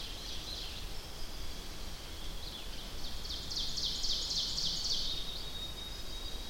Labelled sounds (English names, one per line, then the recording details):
Ovenbird song
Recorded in boreal forest in Alberta, Canada, on 10 June 2016 at 08:56
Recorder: SongMeter 3, array SBT-3-39
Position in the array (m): 212 m, 176 m
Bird 17